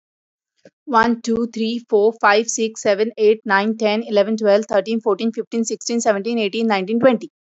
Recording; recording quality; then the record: counting at a fast pace; excellent, no background noise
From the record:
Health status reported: healthy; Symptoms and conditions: none ticked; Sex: female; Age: 42 years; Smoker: not ticked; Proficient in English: yes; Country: India